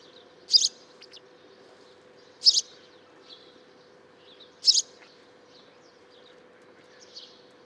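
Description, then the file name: House sparrow uttering three loud, sharp chirps about two seconds apart, with softer twitters between them and a constant low hum. "Passer domesticus"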